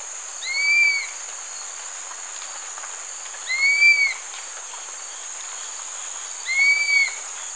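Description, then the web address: Dusky-capped flycatcher calling: a plaintive arched whistle, rising then falling, repeated three times about every three seconds, with a constant high insect drone behind. Recorded in Ecuador, South America. "Natures Songs S America Birds of Ecuador Dusky-capped Flycatcher"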